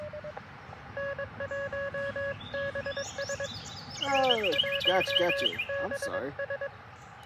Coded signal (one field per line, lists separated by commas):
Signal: Morse code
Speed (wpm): 21 wpm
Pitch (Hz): 1650 Hz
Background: speech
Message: N1BS N1BS